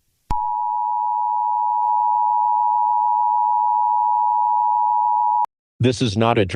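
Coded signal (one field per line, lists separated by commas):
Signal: Emergency Alert System (SAME) tones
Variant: 853 and 960 Hz attention tone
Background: speech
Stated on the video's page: Fictional EAS scenario made for entertainment.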